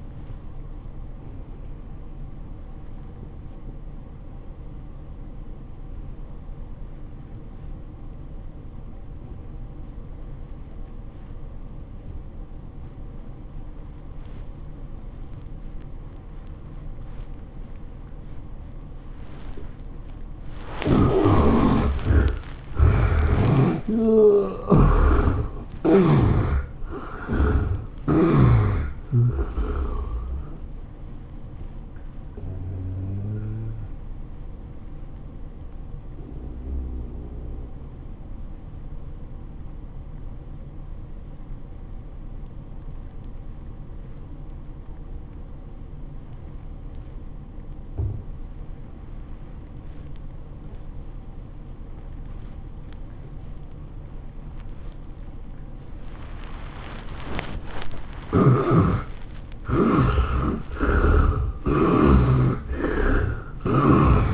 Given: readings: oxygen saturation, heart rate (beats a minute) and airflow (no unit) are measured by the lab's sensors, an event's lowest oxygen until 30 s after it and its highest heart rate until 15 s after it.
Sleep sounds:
breathing in sleep by a smartphone at the bedside; 2
4.00-21.60 s: obstructive apnea (N1, oxygen 93% highest, then 66% lowest, heart rate 96 at the start, 113 highest)
29.00-59.00 s: new sleep stage, N2 (light sleep)
35.00-57.30 s: obstructive apnea (N2, oxygen 96% highest, then 71% lowest, heart rate 93 at the start, 112 highest)
59.00-64.34 s: new sleep stage, N1 (lightest sleep)
From the record:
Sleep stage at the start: N1 (lightest sleep); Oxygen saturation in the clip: 65 to 96%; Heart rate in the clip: 82 to 113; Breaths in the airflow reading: 7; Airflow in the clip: -18.4 to 12.7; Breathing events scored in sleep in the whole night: 403 in 5.5 hours asleep

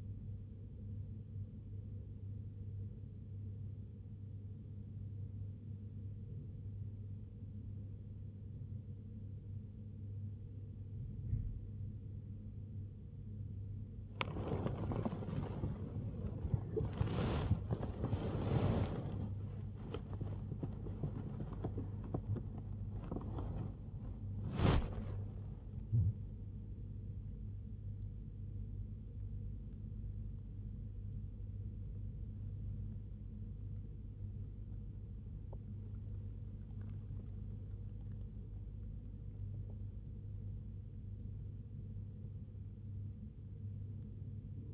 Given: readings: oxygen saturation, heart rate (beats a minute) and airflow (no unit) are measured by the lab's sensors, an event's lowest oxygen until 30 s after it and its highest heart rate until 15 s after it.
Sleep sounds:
a person awake in a sleep study, by a smartphone at the bedside; 1
1.00-31.00 s: new sleep stage, awake
5.00-41.00 s: awake
27.00-39.90 s: hypopnea (scored as awake, oxygen 97% highest, then 94% lowest, heart rate 83 at the start, 84 highest)
31.00-44.74 s: new sleep stage, N1 (lightest sleep)
From the record:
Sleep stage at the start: N2 (light sleep); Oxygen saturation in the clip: 94 to 97%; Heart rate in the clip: 60 to 85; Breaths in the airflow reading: 12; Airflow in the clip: -2.0 to 1.1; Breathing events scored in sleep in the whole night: 101 in 7.3 hours asleep

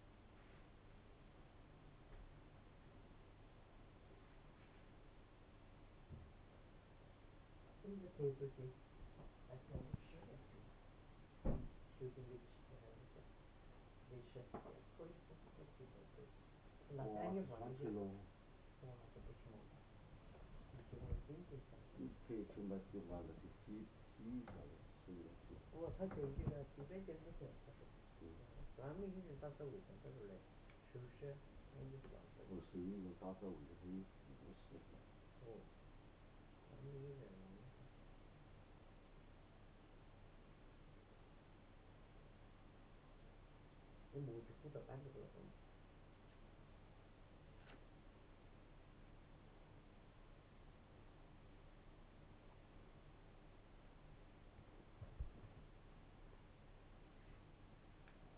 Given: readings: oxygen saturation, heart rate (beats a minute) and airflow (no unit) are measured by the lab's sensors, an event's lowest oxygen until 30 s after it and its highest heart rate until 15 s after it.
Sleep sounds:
a person awake in a sleep study, by a voice recorder at the bedside; none
0.00-58.38 s: awake
From the record:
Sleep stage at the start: awake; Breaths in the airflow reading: 25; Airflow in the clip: -2.0 to 1.4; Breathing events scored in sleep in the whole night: 388 in 6.5 hours asleep

